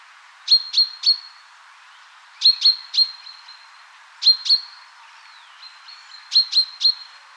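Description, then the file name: Common chaffinch calls, short sharp metallic notes given in quick pairs and triplets, four bursts spread throughout with brief pauses between them. "Fringilla coelebs"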